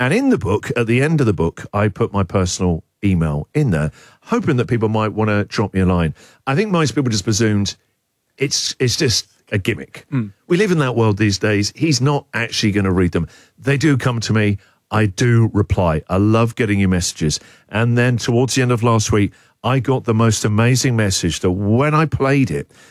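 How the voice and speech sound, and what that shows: Adult male radio host speaking in a typical, fluent monologue with a low-pitched voice and short pauses between phrases.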